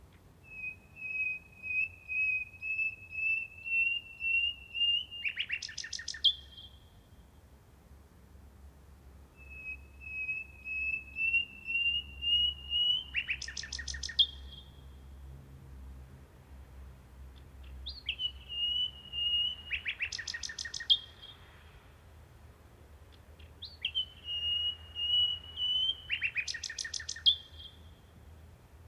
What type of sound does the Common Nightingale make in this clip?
song